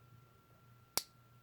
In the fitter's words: Snaps into place. So, it's not locked, but there is definitely resistance there.